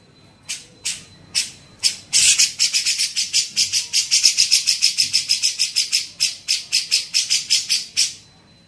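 Grey-cheeked bulbul beginning with a few spaced harsh notes, then building into a steady, rapid series of buzzy chattering notes.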